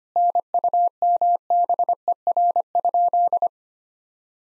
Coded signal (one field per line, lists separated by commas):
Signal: Morse code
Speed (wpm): 25 wpm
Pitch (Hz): 700 Hz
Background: none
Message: NUMBER?